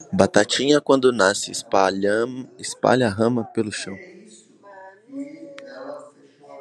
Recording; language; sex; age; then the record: short text; Brazilian Portuguese; male; 20 to 29 years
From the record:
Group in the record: control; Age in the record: 24 years